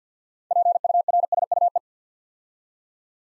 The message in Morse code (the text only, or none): PURSUE